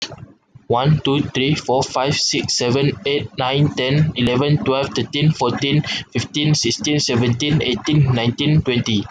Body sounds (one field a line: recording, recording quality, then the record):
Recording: counting at a fast pace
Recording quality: excellent, no background noise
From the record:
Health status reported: healthy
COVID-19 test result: not tested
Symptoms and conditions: none ticked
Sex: male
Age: 22 years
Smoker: not ticked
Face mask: worn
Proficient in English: yes